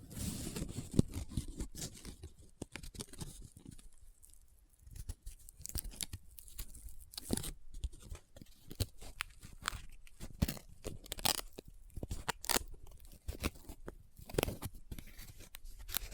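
Paper is handled close up, crinkling and rubbing in dense bursts of dry, bright crackle. The first two seconds carry a low rumbling rub, then short sharp crinkles and scratches follow irregularly, with brief quiet gaps around four and eight seconds.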